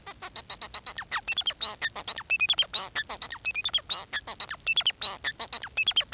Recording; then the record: song of a male Bengalese finch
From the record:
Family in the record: son of father 4